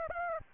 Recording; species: mosquito wingbeat signal from an infrared sensor; Anopheles arabiensis